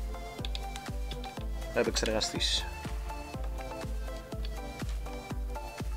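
The stock CPU cooler's retention clip is handled over the motherboard socket bracket on an MSI B450 Gaming Plus build with a Ryzen 7 2700, while someone talks over steady background music. Nothing has seated or clicked yet, as the clip ends just before the retention clip goes home onto the upper bracket tab.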